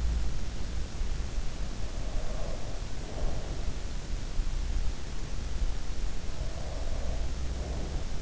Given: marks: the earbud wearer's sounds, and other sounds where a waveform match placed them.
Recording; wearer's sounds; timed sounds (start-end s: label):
sounds in sleep by an in-ear microphone; breath
1.96-3.88 s: breath
6.34-8.22 s: breath